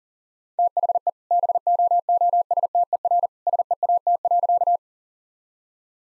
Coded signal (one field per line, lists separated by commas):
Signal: Morse code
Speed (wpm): 40 wpm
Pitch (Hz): 700 Hz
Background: none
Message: THE BOOSTER SEAT.